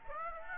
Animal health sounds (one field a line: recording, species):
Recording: mosquito wingbeat signal from an infrared sensor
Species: Aedes aegypti